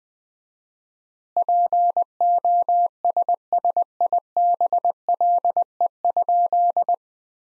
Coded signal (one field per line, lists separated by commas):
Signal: Morse code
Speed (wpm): 20 wpm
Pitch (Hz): 700 Hz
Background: none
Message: POSSIBLE?